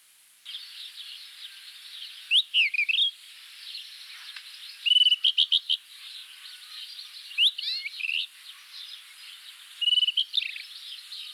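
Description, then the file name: Rufous-tailed scrub robin giving repeated short phrases of bright whistled notes and slurred warbles about every two to three seconds, with a soft hiss behind. "Cercotrichas galactotes Agrobate roux"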